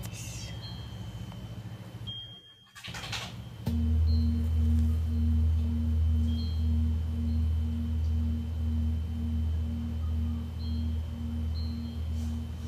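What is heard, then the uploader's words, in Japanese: A singing bowl hums steadily after a brief silence near two seconds, its low tone swelling in from about four seconds with slow pulsing shimmer. 日蝕明けのメキシコからシンギングボウルのサウンドヒーリング。チベタンシンギングボウル #メキシコ。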